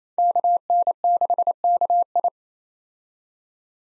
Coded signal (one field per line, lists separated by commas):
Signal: Morse code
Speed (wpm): 28 wpm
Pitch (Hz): 700 Hz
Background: none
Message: KN6KI